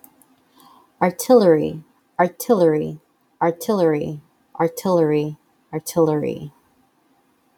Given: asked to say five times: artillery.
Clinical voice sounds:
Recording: repeated word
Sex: female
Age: 30 to 39 years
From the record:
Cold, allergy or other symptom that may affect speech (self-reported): no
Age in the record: 30 years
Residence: Minnesota, United States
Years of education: 15

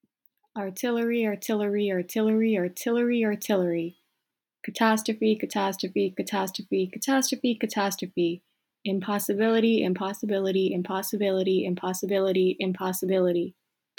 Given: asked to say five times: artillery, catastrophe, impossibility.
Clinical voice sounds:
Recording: three words, each repeated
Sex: female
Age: 20 to 29 years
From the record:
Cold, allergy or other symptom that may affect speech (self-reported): no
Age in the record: 24 years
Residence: New York, United States

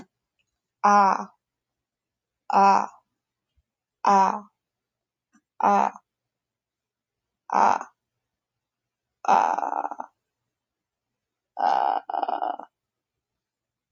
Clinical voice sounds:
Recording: vowel held as long as possible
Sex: female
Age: 20 to 29 years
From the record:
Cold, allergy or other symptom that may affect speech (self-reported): no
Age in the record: 25 years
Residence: Massachusetts, United States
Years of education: 12

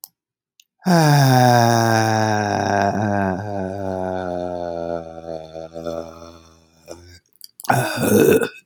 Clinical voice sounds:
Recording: vowel held as long as possible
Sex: male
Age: 60 to 69 years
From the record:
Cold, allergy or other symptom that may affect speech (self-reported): no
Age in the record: 65 years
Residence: Massachusetts, United States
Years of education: 13

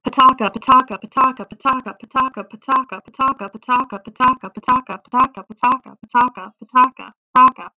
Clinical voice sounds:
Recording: repeated syllables /pa ta ka/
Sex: female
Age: 20 to 29 years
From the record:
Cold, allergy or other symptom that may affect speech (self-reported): no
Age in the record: 24 years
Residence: Florida, United States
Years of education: 17

